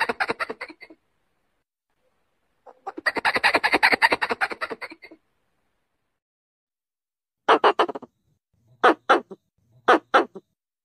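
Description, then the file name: Pallas's squirrel giving harsh pulsed bursts, one brief and one about two seconds long, followed by a few short clusters of sharp chucks. Female calling to males during the breeding season. "tieng soc bung do keu goi duc mua sinh san"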